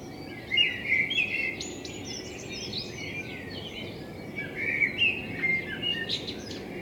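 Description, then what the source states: Common blackbird song, short warbled phrases with high twittering ends, in two bursts separated by a pause, over a steady low background hum. Blackbird in front of the recordist's window; binaural sound made with a homemade dummy head, intended for headphone listening.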